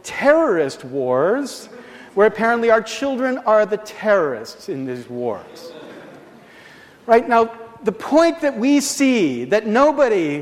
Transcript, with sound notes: “terrorist wars”, where apparently our children are the terrorists in these wars. [Laughs] Right now the point that we see, that nobody…